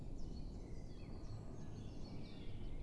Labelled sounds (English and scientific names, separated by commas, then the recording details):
Great Spotted Woodpecker (Dendrocopos major)
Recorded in Germany
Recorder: ecoPi